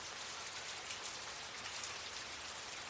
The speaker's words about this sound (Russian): Новое утро началось со стука дождевых капель по подоконнику.